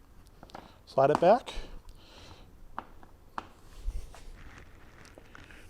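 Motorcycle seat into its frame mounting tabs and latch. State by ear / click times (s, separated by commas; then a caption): not seated / none. A motorcycle seat is slid back so its tabs engage the frame mounting points, with a luggage rack just installed, while someone talks. Faint handling taps are heard, with two sharper knocks at about 2.8 and 3.4 seconds. The seat has not yet been pushed down and nothing has clicked or latched yet.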